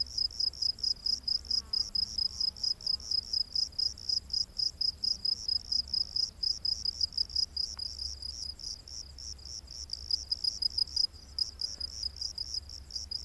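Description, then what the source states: Cricket chirps repeated rapidly and steadily, high-pitched, with soft faint noises and a brief click in the background. Crickets heard during the day.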